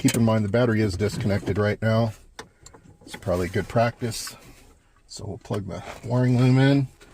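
Someone talks while handling the plastic wiring loom connector at the back of an aftermarket Atoto A6 PF stereo head unit during an install in a 2015 Dodge Ram, with the battery disconnected. Brief, faint handling taps come at about 2.4 and 2.7 seconds. The connector has not seated or clicked in yet.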